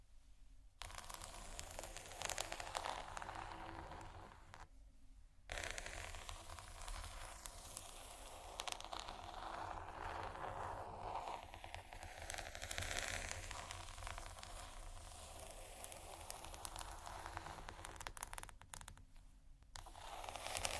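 Soft crinkling and scratching on plastic fill the clip with dense, crackly texture and light taps, broken by brief silences near one and five seconds.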